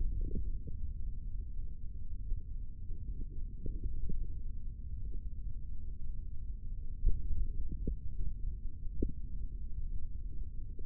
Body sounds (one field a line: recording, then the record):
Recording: forearm muscle sounds (acoustic myography)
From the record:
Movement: tripod grip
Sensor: system 3, bracelet of six PUI Audio POM-2738L microphones around the upper forearm, with dedicated amplification and filtering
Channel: 1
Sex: male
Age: 25 years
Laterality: right